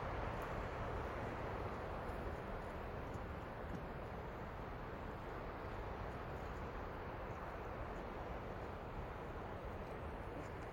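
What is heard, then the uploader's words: Strong mountain wind roars steadily through tall pines, a dense, unbroken rush with a heavy low rumble underneath and a hissy upper edge. The level barely shifts across the clip, and only a few faint, brief ticks rise above the noise. Strong mountain winds sweeping down through tall pine stands.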